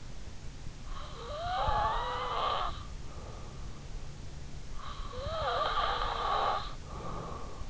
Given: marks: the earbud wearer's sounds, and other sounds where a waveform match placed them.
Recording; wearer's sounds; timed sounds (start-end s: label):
sounds in sleep by an in-ear microphone; breath
1.01-3.47 s: breath
4.96-7.70 s: breath